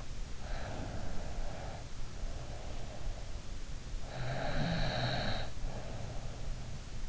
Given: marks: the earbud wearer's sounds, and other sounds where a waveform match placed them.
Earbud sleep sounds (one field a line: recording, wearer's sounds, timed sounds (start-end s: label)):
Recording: sounds in sleep by an in-ear microphone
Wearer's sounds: breath, snoring breath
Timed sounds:
0.43-3.16 s: breath
4.10-6.54 s: snoring breath